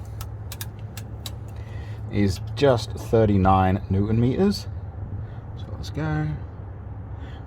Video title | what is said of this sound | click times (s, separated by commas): how to change your engine oil Mitsubishi Triton/L200/Challenger 4d56 | didn't click yet a bit more | none